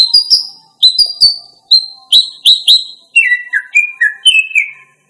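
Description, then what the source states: Greater green leafbird song: rhythmic high chirping notes repeated in quick groups, shifting into lower, slurred whistles near the end. Female.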